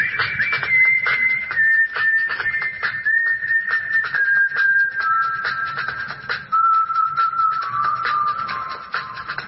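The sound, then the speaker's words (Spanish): Someone walking whistles their favorite song, a slow, sustained melody, the pitch gliding gradually downward in long held notes, with a steady rustling, clicking background underneath and no talking. “Estaba caminando, pensando y silbando mi canción favorita.”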